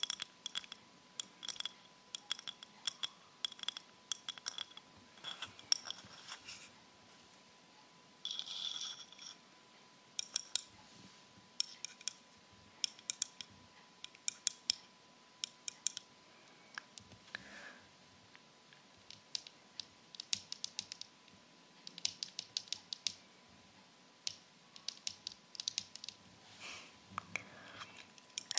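Tapping with rhinestone-covered fingertips, quick clicky taps coming in bursts and short runs across the whole stretch, like fast typing. The taps are sharp and bright, with a scratchier rubbing patch near eight seconds and brief quiet gaps between flurries. A faint steady tone hums underneath.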